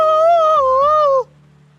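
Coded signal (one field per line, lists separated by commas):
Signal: whistled language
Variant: Jingrwai Iawbei name tune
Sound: a brief hummed or whistled melodic tune in two gently gliding phrases, then quiet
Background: low electrical hum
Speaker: What's your father's name?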